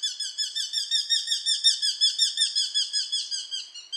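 A Eurasian hobby gives a fast, steady series of shrill, high-pitched kew notes, about five per second, calling insistently without pause for the whole stretch. No voices are heard.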